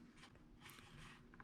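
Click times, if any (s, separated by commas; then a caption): none. A small plastic cover is pressed back onto the camera gimbal of a Mavic Air (Air2) drone, over the LED contacts. Soft, low-level handling rustles and faint plastic scrapes fill the clip. Nothing has clicked or seated yet.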